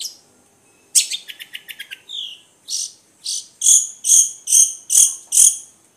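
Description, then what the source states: Long-tailed shrike song: a harsh note, a fast series of sharp ticks, a short whistle, then loud repeated chirps roughly every half second. Combination song.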